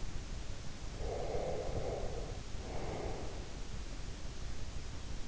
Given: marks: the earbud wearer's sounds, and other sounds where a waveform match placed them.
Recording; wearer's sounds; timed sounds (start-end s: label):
sounds in sleep by an in-ear microphone; breath
0.91-3.59 s: breath